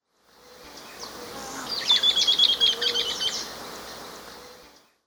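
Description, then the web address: Sooty-crowned flycatcher giving a fast, high chatter of clipped notes that swells and fades over roughly a second and a half, with constant soft hiss behind. Recorded in Ecuador. "Birds of Ecuador. Sooty-crowned Flycatcher"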